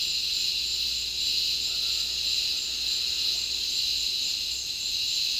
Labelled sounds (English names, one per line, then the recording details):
none
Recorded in dense forest near Puerto Asís, Putumayo, Colombia, on 20 February 2024 at 08:30
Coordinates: 0.502, -76.324
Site G6370